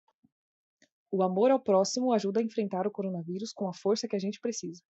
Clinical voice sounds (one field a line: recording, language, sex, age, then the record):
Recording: spoken sentence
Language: Brazilian Portuguese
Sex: female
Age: 20 to 29 years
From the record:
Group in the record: control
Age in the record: 26 years